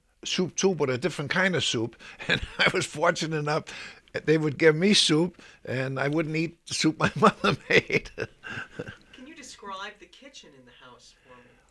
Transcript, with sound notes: soup, too, but a different kind of soup, and I was fortunate enough that they would give me soup, and I wouldn't eat soup my mother made. (he laughs)
Can you describe the kitchen in the house for me?